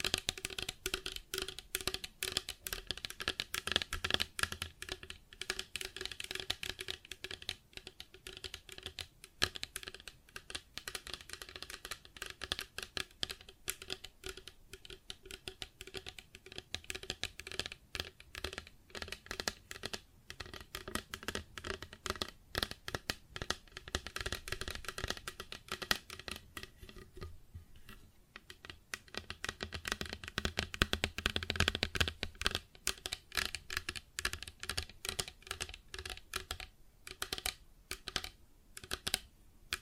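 Plastic objects are tapped and scratched in a dense, rapid stream of small clicks, like quick typing, that runs for the whole clip. The pace is uneven, with busier stretches around five and thirty seconds and a brief lull near twenty-eight seconds.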